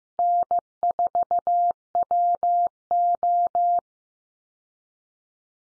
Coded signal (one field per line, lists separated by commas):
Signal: Morse code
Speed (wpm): 15 wpm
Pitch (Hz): 700 Hz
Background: none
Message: N4WO